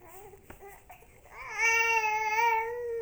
Baby Cry.